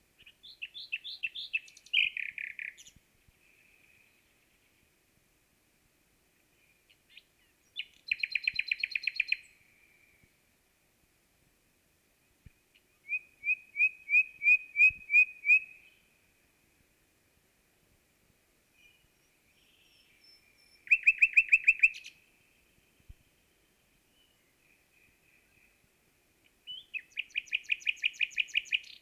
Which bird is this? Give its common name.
Common Nightingale